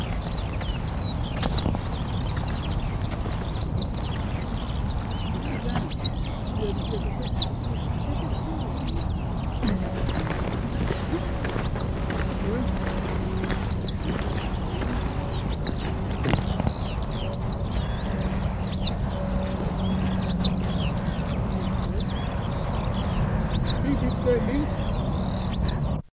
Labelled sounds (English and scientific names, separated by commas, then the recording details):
Western Yellow Wagtail (Motacilla flava) call
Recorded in the wild
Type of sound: call
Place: Kleinburgwedel, Niedersachsen, DE
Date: 1984-07-08
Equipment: Halbspur, 9,5 cm/s
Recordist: Lütgens, Hans
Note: Warnen im Revier